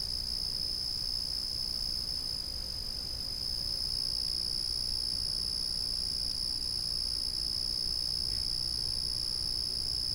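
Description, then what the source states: Cricket song: one unbroken, high, steady trill with a fainter upper overtone, holding evenly for the whole stretch over a soft low rumble. A single cricket calling steadily at night.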